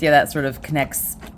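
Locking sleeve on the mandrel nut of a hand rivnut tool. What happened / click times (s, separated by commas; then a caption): Handled, not yet home: no seating click, only talk and a faint tick / none. While the mandrel is being changed on a hand rivnut tool, the flat on the metal nut is lined up so the small spring sleeve can pop back up and lock the nut in place. Someone talks throughout, with a brief faint transient near 1.4 s. Nothing has seated or clicked yet.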